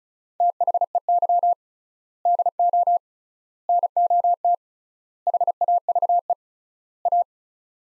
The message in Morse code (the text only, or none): THEY DO NOT HAVE A